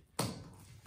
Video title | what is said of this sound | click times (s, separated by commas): Pelvic Splinting | click, and that engaged, there | 0.2 s